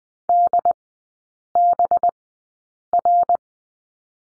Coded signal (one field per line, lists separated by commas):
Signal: Morse code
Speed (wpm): 20 wpm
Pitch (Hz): 700 Hz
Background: none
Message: DBR